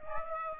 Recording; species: mosquito wingbeat signal from an infrared sensor; Aedes aegypti